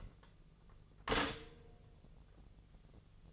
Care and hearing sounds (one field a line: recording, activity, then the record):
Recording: daily activity, microphone in the room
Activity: stop toaster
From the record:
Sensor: 4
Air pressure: 1001.0 hPa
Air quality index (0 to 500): 165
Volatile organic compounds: 2 ppm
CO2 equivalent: 1202 ppm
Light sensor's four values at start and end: 17/39/17/17 and 19/45/19/19